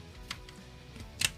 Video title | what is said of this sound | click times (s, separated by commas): Studio Series 86 Leader Class SLUDGE Transformers The Movie | and snap that into place now the wings keep in mind are | 1.2 s